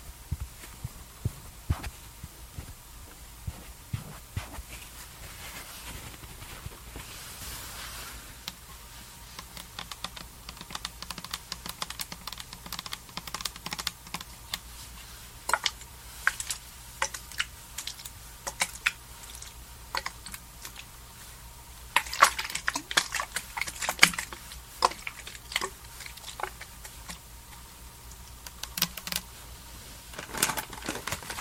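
Skincare and makeup sounds: a run of sharp, dry clicks and taps, scattered irregularly like light typing, with busier clusters around 22 to 25 seconds and again near 29 seconds. A faint, steady low hum sits underneath throughout.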